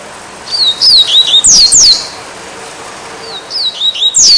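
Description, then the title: Double-collared Seedeater singing two phrases of quick, high, slurred whistles that fall in pitch, separated by about a second and a half of quiet. "Canto Coleiro"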